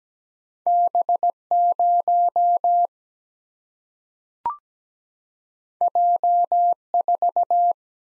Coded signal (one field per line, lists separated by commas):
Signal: Morse code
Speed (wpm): 17 wpm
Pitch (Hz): 700 Hz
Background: none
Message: B 0 J 4